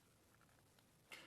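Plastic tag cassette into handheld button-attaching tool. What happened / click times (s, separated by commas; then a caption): A small plastic cassette clicked into place in a handheld tool / 1.1 s. A plastic tag cassette, reloaded after a failed first try, is pushed into the side of a handheld button-attaching tool. Faint small ticks and scrapes come before a sharp click at 1.1 seconds as the cassette seats firmly in the tool.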